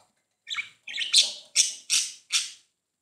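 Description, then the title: Budgerigar chatter: several harsh, scratchy squawks in quick succession, each bright and buzzy. "Budgie Sounds"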